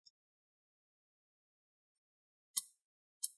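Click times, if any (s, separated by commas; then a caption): 2.6 s, 3.2 s. A captive screw at the opposite corner of a laptop's plastic bottom cover is turned, pushing the cover away from the palmrest chassis. After a faint tick near the start and a long quiet stretch, two sharp clicks ring out at 2.6 s and 3.2 s as the clips let go and the cover pops free.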